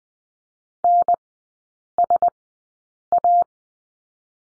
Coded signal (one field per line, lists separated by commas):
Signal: Morse code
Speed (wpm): 19 wpm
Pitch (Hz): 700 Hz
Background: none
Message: N S A